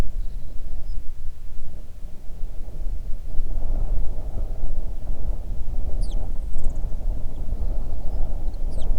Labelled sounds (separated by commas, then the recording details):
songbird, wind
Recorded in the Arctic National Wildlife Refuge, Alaska, on 3 June 2019 at 05:05
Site 37